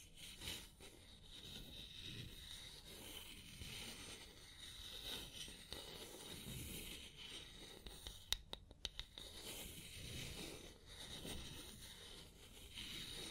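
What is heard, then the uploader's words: Scalp massage and hair washing: steady rubbing and scratching of fingers through hair, with a soft crackly hiss on top and slow, muffled swells underneath. Around the eight-second mark a quick cluster of sharp little clicks cuts through. ASMR Sleep Clinic Personal Attention Scalp Massage, Hair Wash (No Talking).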